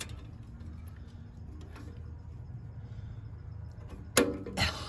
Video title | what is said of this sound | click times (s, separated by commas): RED Caliper Cover install Electra Glide 2020 | and it snaps back in | 4.2 s